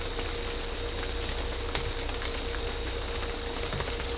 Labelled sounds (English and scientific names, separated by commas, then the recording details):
none
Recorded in secondary vegetation near Puerto Asís, Putumayo, Colombia, on 18 December 2024 at 00:30
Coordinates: 0.500, -76.326
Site G065